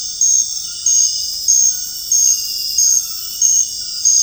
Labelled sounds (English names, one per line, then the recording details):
none
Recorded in dense forest near Puerto Asís, Putumayo, Colombia, on 20 February 2024 at 02:00
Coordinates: 0.485, -76.325
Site G6429